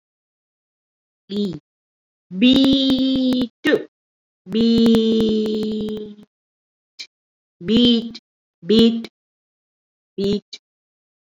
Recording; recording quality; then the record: sustained vowel as in beet; poor, much background noise or distortion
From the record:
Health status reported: COVID-19 positive, mild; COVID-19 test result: positive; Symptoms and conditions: cough, fever, fatigue, muscle pain, loss of smell and taste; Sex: female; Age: 27 years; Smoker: not ticked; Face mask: not worn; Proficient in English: yes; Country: India